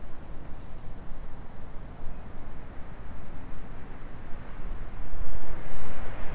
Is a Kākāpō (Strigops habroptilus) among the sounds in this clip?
no